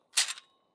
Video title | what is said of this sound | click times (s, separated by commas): Lupinranger vs Patranger DX TRIGGER MACHINE 1, 2, 3: EmGo's Super Sentai Reviews N' Stuff | hey just push this down that will lock into place and there you have the attack mode | 0.2 s